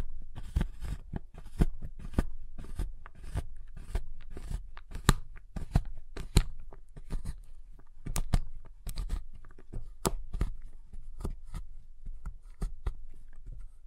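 A giant chocolate bar is tapped and snapped in a quick, irregular run of sharp cracks and crunches, with a steady low rumble underneath.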